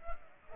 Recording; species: mosquito wingbeat signal from an infrared sensor; Culex pipiens